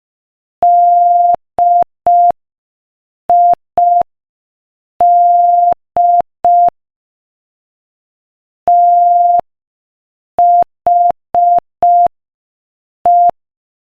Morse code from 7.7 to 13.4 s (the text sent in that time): THE